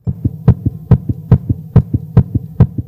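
Rapid, regular heartbeat, each beat a strong thump followed closely by a softer one, with a low steady hum underneath. These are a child's heart sounds, amplified through a digital stethoscope.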